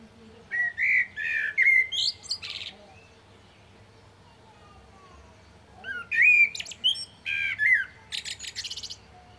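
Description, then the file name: Common blackbird sings two phrases, each made of clear warbled whistles followed by harsh, high-pitched twittering, separated by a few quiet seconds. "Turdus merula"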